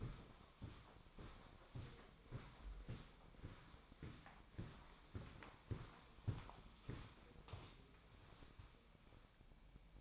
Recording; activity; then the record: daily activity, microphone in the room; walk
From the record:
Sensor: 1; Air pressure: 1009.4 hPa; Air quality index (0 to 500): 187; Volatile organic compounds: 4 ppm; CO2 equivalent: 1573 ppm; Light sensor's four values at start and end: 51/135/56/68 and 49/134/55/67